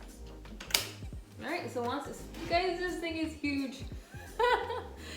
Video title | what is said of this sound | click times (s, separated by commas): Juicing Made Easy: Kuvings Auto 10 Plus Unboxing & Healthy Juice Recipe Reveal! | So you want to hear click once you're done. | 0.8 s